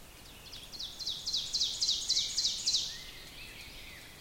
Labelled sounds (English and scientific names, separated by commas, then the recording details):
Ovenbird (Seiurus aurocapilla) song
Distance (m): 45 m
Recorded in boreal forest in Alberta, Canada, on 5 June 2016 at 05:57
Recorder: SongMeter 3, array SBT-3-51
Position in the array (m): 271 m, 118 m
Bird 28